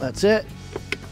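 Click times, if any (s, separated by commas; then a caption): 0.9 s. Someone talks as an EV charging connector is pushed into a car's charge port with its groove on the bottom. It latches with a sharp click at 0.9 s, showing it is seated and charging.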